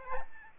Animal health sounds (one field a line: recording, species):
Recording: mosquito wingbeat signal from an infrared sensor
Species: Aedes albopictus